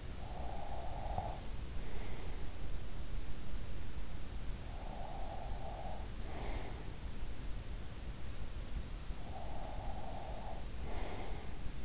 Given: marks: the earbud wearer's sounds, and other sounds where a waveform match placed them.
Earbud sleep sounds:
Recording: sounds in sleep by an in-ear microphone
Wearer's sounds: breath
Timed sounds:
0.00-2.32 s: breath
4.57-7.37 s: breath
9.05-11.85 s: breath

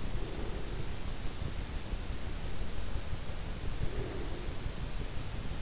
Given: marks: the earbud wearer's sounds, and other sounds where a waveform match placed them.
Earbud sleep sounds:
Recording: sounds in sleep by an in-ear microphone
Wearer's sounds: breath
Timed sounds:
0.00-1.24 s: breath
3.76-4.91 s: breath

